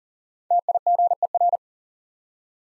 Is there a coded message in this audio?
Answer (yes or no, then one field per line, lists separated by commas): yes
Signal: Morse code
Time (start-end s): 0.5-1.6 s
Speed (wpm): 42 wpm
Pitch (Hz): 700 Hz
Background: none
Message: TIGER